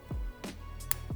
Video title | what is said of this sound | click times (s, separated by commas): Installing Akrapovic Racing Line Carbon Exhaust and FTECU on my XSR900! | and lock it back down | 0.9 s